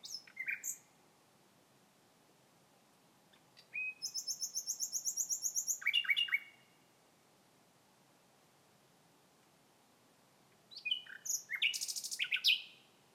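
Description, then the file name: Common nightingale song in separated phrases: short chirps, a rapid high repeated trill, descending notes, then after a long pause another fast trill. "Nachtigall Gesang"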